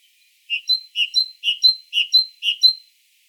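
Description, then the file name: Great tit singing: about five quick two-note phrases, a lower note followed by a higher sharp whistle, repeated evenly over roughly two and a half seconds. "Parus major"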